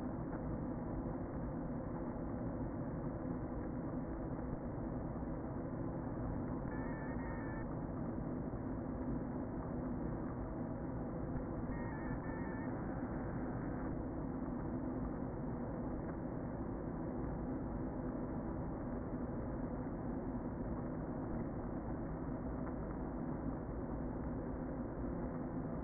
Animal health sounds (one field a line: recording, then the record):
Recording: honeybee colony, microphone inside the hive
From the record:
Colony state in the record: queen present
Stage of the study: before two queens were removed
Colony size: about 60,000 bees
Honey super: yes